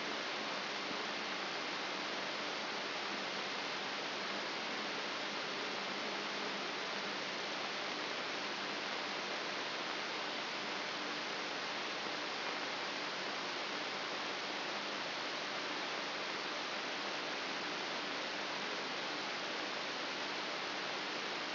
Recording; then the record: brain microelectrode recording played as sound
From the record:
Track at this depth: inside the subthalamic nucleus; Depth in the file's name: 2.304 mm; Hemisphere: left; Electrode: 3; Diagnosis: Parkinson's disease